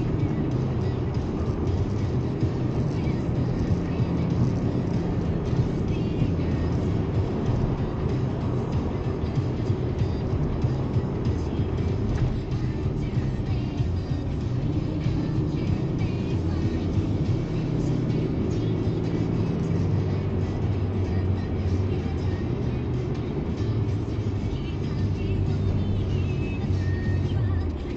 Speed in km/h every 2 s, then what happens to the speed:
86, 87, 92, 93, 89, 84, 77, 78, 89, 95, 90, 86, 78, 73.
0-6 speeds up to 93. 6-11 slows to 77. 14-17 speeds up to 95. 19-28 slows to 73.